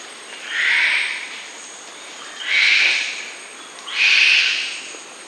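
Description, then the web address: Black uakari calling three times in rough, airy rasping bursts roughly every one and a half to two seconds, with a constant shrill high drone behind. Primate of the South American rainforest. "Natures Songs S America Primates of the Rainforest Black uakari monkey"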